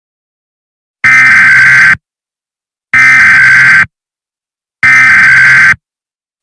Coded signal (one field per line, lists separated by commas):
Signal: Emergency Alert System (SAME) tones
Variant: header bursts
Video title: EAS Scenario: Twix Food Contamination @RadioGirl00